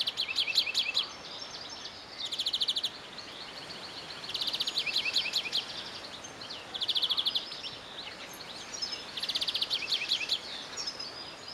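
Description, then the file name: European greenfinch uttering fast twittering trills in several bursts, each a quick chattering run of notes, over a steady background hiss. "Chloris chloris"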